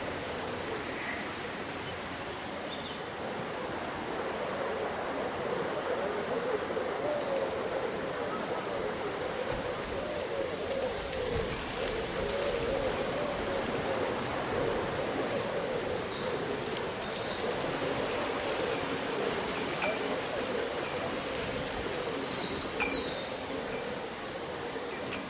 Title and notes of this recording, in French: Vent lors d’une journée d’été : Feuilles bruissantes et chants d’oiseaux. La symphonie des feuilles qui bruissent et les mélodies des oiseaux locaux